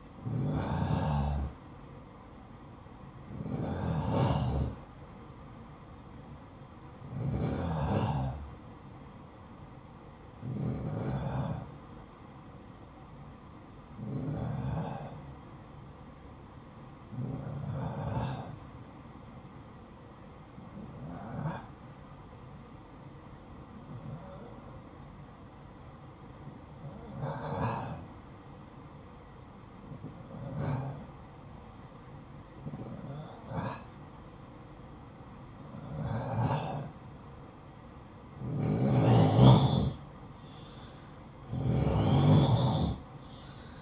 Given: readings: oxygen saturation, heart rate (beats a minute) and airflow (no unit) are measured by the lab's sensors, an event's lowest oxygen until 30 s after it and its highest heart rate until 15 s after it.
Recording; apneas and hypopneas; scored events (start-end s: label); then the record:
breathing in sleep by a smartphone at the bedside; 1
15.00-39.40 s: hypopnea (N1, oxygen 95% highest, then 89% lowest, heart rate 59 at the start, 61 highest)
From the record:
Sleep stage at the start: N1 (lightest sleep); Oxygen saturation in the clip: 88 to 95%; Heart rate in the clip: 55 to 61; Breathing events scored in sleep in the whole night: 573 in 9.8 hours asleep